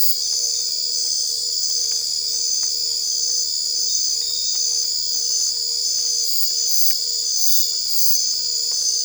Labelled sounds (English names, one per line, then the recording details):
none
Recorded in dense forest near Puerto Asís, Putumayo, Colombia, on 22 December 2024 at 22:00
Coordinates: 0.482, -76.320
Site G021